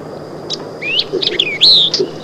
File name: White-eyed Vireo